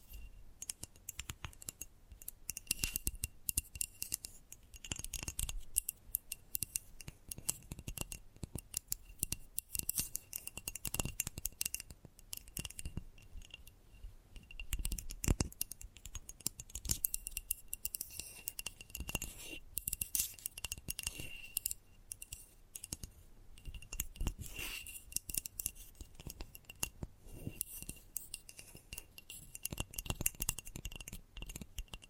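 Gentle tapping runs through the whole clip as a dense stream of quick, light, crisp clicks, irregular in rhythm but never stopping. A faint steady high whine sits underneath throughout, and a few slightly harder taps stand out now and then.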